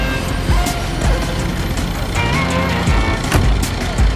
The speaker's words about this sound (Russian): Такси отъезжает от терминала и вливается в поток машин. Такси проезжает мимо флагов, стоящих в ряд.